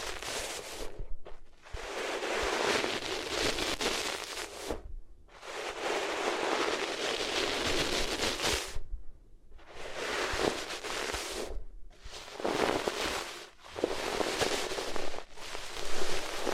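Rubbing on different materials makes a dense, scratchy hiss that comes in long strokes of one to three seconds. Brief silent gaps fall between them, near 1, 5, 9, 11.5, 13.5 and 15 seconds. A low, uneven rumble runs underneath the rubbing.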